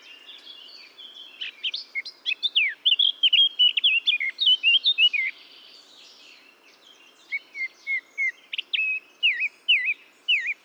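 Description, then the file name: Eurasian blackcap song, a fast warbled phrase of mixed notes, then a pause and a series of clear, repeated whistled notes. "Sylvia atricapilla"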